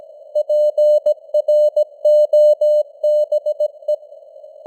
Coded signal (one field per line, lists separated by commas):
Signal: Morse code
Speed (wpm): 17 wpm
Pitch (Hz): 600 Hz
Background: none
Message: PROBE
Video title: Morse Code News | 2025-12-30 | 17wpm